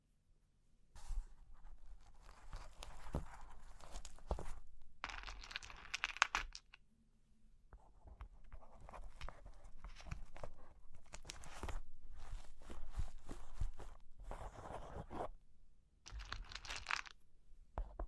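Cork and wood being tapped and scratched, with dense bursts of bright scraping broken by short pauses and sharp taps scattered throughout.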